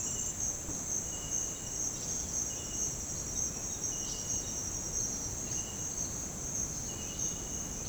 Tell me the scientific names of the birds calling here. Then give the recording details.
none. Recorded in dense forest near Puerto Asís, Putumayo, Colombia, on 21 February 2024 at 07:00. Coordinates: 0.486, -76.316. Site G6437